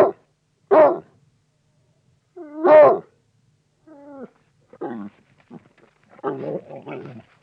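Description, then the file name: Bloodhound barking: a few single barks spaced a second or two apart, then softer whining notes and rougher, broken barks near the end. Dog barking. "Digiffects Sound Effects Library - Bloodhound Dog Barks"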